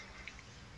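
A torque wrench set to 22 N·m, slightly above the 20 N·m spec because the wrench's accuracy is uncertain and a plug could break, tightens a spark plug in the engine cylinder head of a 206 CC S16. Two short sharp clicks are heard at 0.3 s and 0.4 s over a steady background hum. The wrench clicks at its setting.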